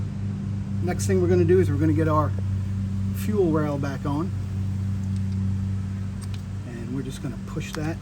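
Someone talks while the fuel rail of a 2016 Kia Forte 1.8L is brought back into place and lined up over the fuel injectors, just before it is pushed home, over a steady low hum. A faint handling hit is heard at about 6.3 s. The fuel rail has not seated or clicked onto the injectors yet.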